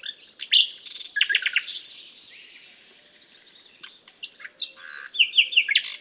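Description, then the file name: Common nightingale song with rapid repeated chirps and sharp varied phrases in two loud bursts, with a quieter stretch between. "Luscinia megarhynchos"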